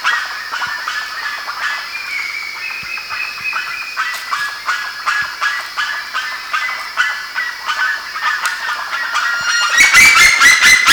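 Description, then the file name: Bird calls in a busy flock chatter, many repeated nasal notes about twice per second, ending in a loud burst of rapid clattering sounds. "SABIOD 50 bird 2015"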